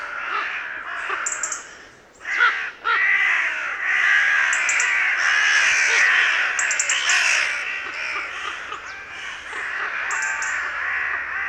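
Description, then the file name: Carrion crow giving many harsh overlapping caws, nearly continuous after a brief lull near two seconds. "Corvus corone"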